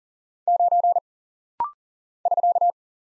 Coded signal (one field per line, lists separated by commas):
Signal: Morse code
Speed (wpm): 40 wpm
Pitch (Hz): 700 Hz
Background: none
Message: 9 <SK>